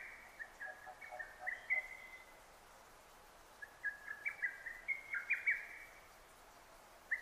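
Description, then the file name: Lesser cuckoo giving two rapid phrases of piercing, clipped whistles, the second longer, followed by one stray note near the end. Recorded 6 June 2009. "hototogisu-20090606"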